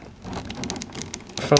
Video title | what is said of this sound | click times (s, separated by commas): SH MonsterArts Burning Godzilla Review | And you hear that snapping sound that | 1.6 s